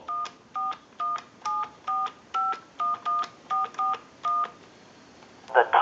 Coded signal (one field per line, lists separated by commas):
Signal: DTMF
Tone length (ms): 180 ms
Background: speech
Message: 14174511441